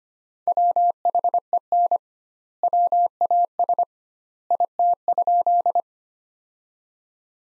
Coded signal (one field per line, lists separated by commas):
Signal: Morse code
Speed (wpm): 25 wpm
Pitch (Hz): 700 Hz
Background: none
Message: WHEN WAS IT?